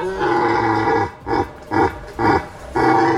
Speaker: Jak potwierdza Nadleśnictwo Nawojowa, w beskidzkich lasach słychać już pierwsze godowe odgłosy jeleni.